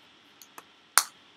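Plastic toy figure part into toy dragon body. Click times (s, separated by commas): 1.0 s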